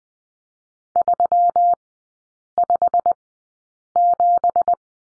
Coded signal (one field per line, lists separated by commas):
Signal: Morse code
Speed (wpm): 20 wpm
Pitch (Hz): 700 Hz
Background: none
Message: 357